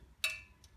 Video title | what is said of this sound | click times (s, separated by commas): BMW Brake warning. Do I really need new pads? Replace or not? How to tell & how to fit new sensor | down and clips onto there | 0.2 s